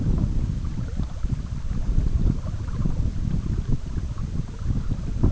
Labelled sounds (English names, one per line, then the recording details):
none
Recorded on Arctic tundra, site EABA-MC, on 19 June 2019
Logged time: 02:00